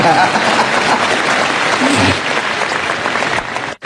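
Steady, dense applause from an audience at a talk, given at the speaker's invitation, many hands clapping at once in a loud, continuous wash that fades slightly and cuts off abruptly near the end.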